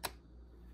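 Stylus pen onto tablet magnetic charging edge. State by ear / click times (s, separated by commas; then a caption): seated / 0.1 s. An Apple Pencil Pro is placed on the top magnetic charging edge of an 11-inch iPad Air (2024, 6th generation, M2) and snaps into place with a single sharp click at 0.05 s. Only a faint low hum follows. The pencil is seated and charging.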